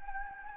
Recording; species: mosquito wingbeat signal from an infrared sensor; Anopheles gambiae